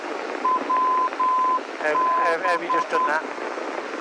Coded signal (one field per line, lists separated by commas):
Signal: Morse code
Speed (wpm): 10 wpm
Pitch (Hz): 1020 Hz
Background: speech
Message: WB